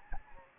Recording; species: mosquito wingbeat signal from an infrared sensor; Anopheles gambiae